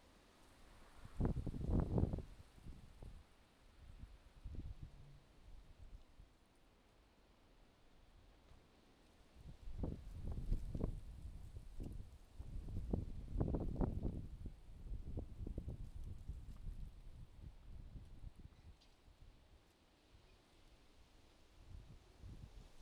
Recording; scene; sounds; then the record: everyday scene through a hearing-aid microphone; wind on the microphone; wind, traffic, birds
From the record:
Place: suburban garden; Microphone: in the ear canal, left